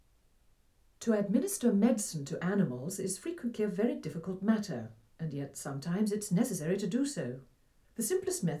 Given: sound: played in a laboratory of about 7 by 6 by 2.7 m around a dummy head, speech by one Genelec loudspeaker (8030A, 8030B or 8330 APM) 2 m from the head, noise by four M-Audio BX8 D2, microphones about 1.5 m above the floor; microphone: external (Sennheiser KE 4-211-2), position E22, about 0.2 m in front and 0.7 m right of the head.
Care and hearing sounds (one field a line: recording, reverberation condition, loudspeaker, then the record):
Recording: female speech in English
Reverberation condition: low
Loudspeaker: 150 degrees to the right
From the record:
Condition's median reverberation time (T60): about 310 ms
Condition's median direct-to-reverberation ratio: about 3.5 dB